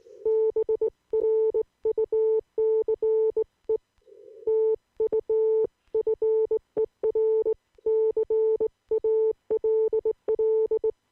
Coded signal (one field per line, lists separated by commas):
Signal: Morse code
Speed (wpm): 18 wpm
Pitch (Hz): 440 Hz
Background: none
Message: BRUCE TU FER CALL